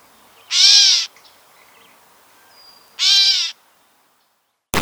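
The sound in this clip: Gray catbird giving two nasal mews more than two seconds apart, followed at the end by a brief sharp burst of noise.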